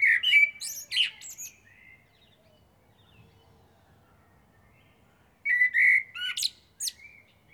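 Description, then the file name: Common blackbird song: a fluty phrase with high squeaks at the start, roughly four seconds of quiet, then another warbled phrase near the end. "Turdus merula"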